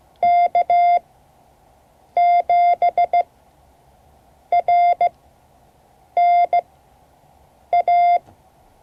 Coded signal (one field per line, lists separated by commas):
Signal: Morse code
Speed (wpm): 16 wpm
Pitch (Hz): 700 Hz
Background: none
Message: K7RNA